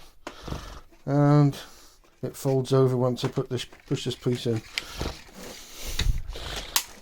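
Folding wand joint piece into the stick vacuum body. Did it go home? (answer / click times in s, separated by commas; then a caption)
yes / 6.8 s. Someone talks while pushing a piece of the folding wand joint into the body of a purple Shark stick vacuum so the joint locks and can fold over. A short, sharp click at 6.8 s shows the piece has seated in place.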